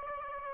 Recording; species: mosquito wingbeat signal from an infrared sensor; Aedes aegypti